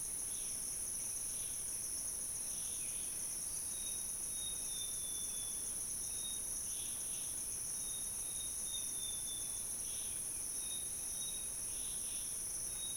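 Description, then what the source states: Insects: dense, unbroken high-pitched buzzing, with faint thin whistled notes scattered throughout. Insect and bird chorus in Gabon.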